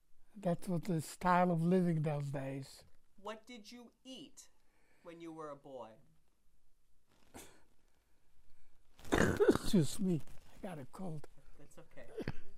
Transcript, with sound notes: that with the style of living those days.
What did you eat when you were a boy?
[coughs] Excuse me. I got a cold.
That's okay.